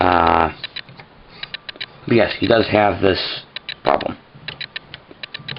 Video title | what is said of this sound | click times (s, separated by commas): Transformers: Prime: Predacons Rising Voyager Class Darksteel | but just doesn't lock in whatsoever | none